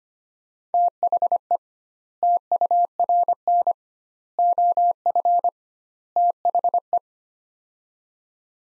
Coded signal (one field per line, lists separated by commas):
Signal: Morse code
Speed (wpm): 25 wpm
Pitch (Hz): 700 Hz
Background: none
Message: THE TURN OF THE